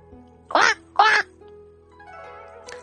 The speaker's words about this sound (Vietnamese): Đang mơ mơ màng màng, hít khí trời giang nam, Lăng Phong nghe thấy tiếng gà vịt ở đâu đó. Lăng Phong dự định không quan tâm, nhưng hắn đột nhiên cảm giác âm thanh đó càng bay lại gần mình, hắn đành tránh theo phản xạ.